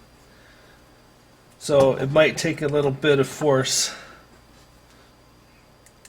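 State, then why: Not seated. While a PS3 laser head is being replaced, someone talks as the plastic hold-down clips are about to be pressed back over the laser assembly in the game console drive with some force. After the talking, the room goes quiet except for two faint ticks near 5.9 and 6.1 seconds. Nothing has seated or snapped into place yet.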